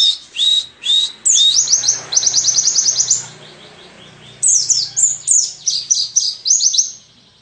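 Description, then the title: White-eye song: fast high twittering phrases with quick descending slurs and a brisk trill, a short gap, then more rapid sweeping notes. Forest white-eye song material (isian) for training songbirds (masteran). "mster Mnuk. Pleci ngalas isian untuk masteran"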